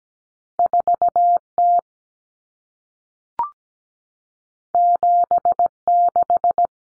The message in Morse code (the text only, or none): 4T 76